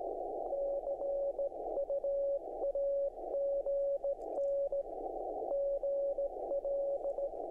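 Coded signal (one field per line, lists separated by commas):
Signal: Morse code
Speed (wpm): 17 wpm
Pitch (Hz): 560 Hz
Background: none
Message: CU AGN GL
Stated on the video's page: Straight Key Sprint Asia contest CW sent slowly on straight keys, bugs or cooties; recorded from rig audio, with distorted transmit monitor tone.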